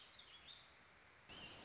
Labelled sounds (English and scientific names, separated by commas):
Warbling Vireo (Vireo gilvus)